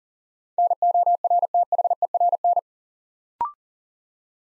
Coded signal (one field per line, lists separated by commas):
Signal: Morse code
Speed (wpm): 42 wpm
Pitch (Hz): 700 Hz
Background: none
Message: NORTHERN